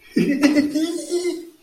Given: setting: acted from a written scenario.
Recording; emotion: vocal sound without words; elation